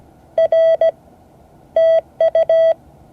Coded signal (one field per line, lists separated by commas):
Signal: Morse code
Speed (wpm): 17 wpm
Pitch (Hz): 650 Hz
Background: none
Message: R TU